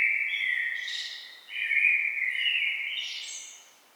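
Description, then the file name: Common blackbird pouring out two back-to-back warbled phrases, mellow and fluty low down with thin high flourishes on top. "Turdus merula"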